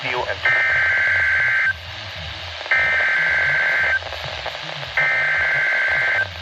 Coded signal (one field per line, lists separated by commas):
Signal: Emergency Alert System (SAME) tones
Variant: header bursts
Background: speech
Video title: Severe Thunderstorm Warning ( EAS 195) Feb 6, 2020